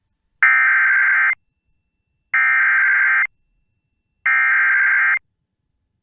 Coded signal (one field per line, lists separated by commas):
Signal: Emergency Alert System (SAME) tones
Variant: header bursts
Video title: EAS Mini-Timeline Late Week Wisconsin Severe Thunderstorms NOAA Weather Radio (NW To Cen Wisconsin)